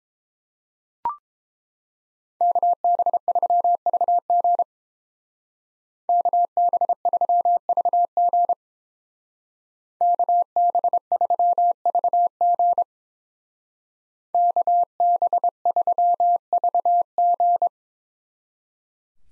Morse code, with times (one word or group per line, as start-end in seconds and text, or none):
2.4-4.6 KB3VG
6.1-8.5 KB3VG
10.0-12.8 KB3VG
14.3-17.7 KB3VG